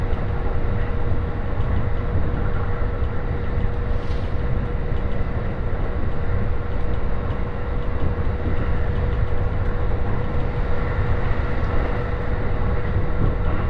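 A ride on the Joban Line train between Katsuta and Ishioka: a steady, dense rumble of the carriage rolling along, heavy in the low end, with a constant thin tone running through it. Around four seconds a brief brighter hiss rises, then the even roar continues.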